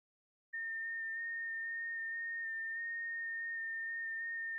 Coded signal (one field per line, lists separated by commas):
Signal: FT8